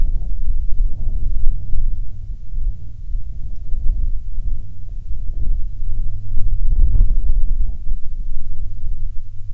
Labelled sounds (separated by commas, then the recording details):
wind, aircraft
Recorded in the Prudhoe Bay oil fields, Alaska, on 12 June 2019 at 16:56
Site 13